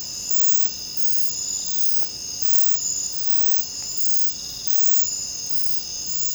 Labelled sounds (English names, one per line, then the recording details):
none
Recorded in secondary vegetation near Puerto Asís, Putumayo, Colombia, on 26 December 2024 at 05:30
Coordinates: 0.499, -76.323
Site G010